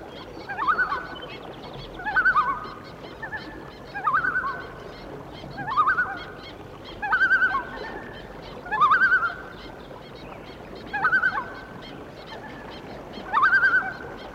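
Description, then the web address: Loon calls: about eight short quavering phrases repeated roughly every two seconds, against steady background noise. "A Természet hangjai - Madárdal Sounds of Nature - Cry of the Loon"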